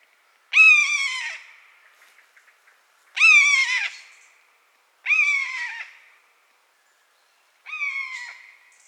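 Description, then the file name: Common buzzard mewing: four loud, plaintive cries, each starting sharply and then sliding gently downward, spaced roughly two to three seconds apart. "maeusebussard"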